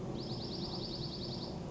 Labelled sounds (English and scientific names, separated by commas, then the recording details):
Dark-eyed Junco (Junco hyemalis)
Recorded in Sonoma County, California